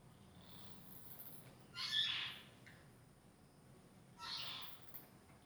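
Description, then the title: Bat squeaks: two harsh, buzzy bursts of high chittering, a couple of seconds apart, over a quiet background hiss. Bats recorded in Puli, Taiwan, using a Zoom H2n recorder in XY and mid-side stereo. "參贊堂,Puli,Taiwan - Bats sound"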